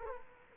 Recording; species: mosquito wingbeat signal from an infrared sensor; Culex quinquefasciatus